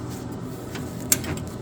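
On a 1997–2003 Ford F-150, the red fuel line quick-connect coupling is pushed fully onto the fuel pump module fitting and locked. Over a steady low background, a single sharp click is heard at 1.1 s as the coupling seats and locks in.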